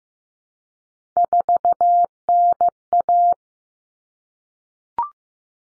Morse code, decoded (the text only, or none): 4NA